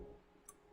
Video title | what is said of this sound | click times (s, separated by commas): Sewing with Lily Live Stream | and you yank it towards your left and you hear the click | 0.5 s